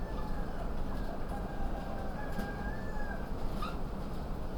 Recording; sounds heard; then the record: poultry house recording; sick chickens (respiratory disease)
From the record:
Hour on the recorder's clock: 0